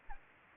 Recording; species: mosquito wingbeat signal from an infrared sensor; Anopheles gambiae